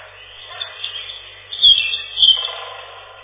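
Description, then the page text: European robin song: two bursts of high, rapid warbling notes in quick succession, thin and slightly muffled, over a low hiss. Song described as a loud ringing trill. "Зарянка, или реполов, или малиновка - Erithacus rubecula"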